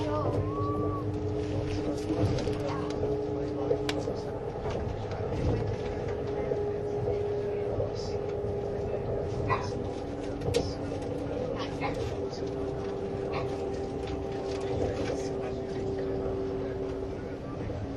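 Onboard running sound of a Swiss RABDe 500 ICN tilting train on the Gotthard line: a steady, dense low rumble with sustained motor tones around the middle pitch. Short clicks and knocks from the track recur every few seconds, with faint voices in the background.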